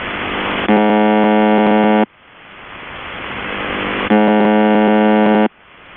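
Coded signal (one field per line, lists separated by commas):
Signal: channel marker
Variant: UVB-76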